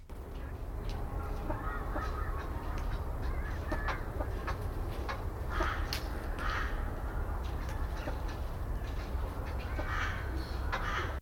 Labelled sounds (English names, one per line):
Koklass Pheasant call